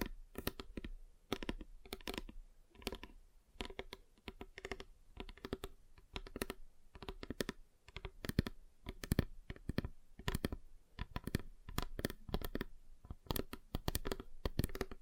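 Fingers tap on a table, striking in quick, uneven bursts with short pauses between clusters. Each tap is a sharp click with a hollow, knocking body, and some strikes ring brighter than others, as if the surface changes.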